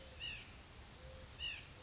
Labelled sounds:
White-breasted Nuthatch
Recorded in Sonoma County, California

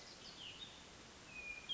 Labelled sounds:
Hermit Thrush
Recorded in Sonoma County, California

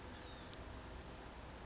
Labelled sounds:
Blue-gray Gnatcatcher
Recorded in Sonoma County, California

